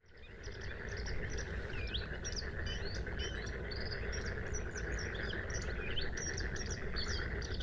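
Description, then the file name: Bluethroat singing a rapid run of sharp high notes and rising whistles, fading in at the start, above a continuous low hum. Recorded at Sha Cheng Wetland, Hebei, China, on 5 May 2025 at 06:10; three bursts of song separated by fades. "2025-05-05-0610-Bluethroat- three-bursts-of-song-separated-by-fades-Sha Cheng-Wetland-Hebei"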